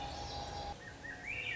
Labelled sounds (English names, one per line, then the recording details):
Swainson's Thrush
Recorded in Sonoma County, California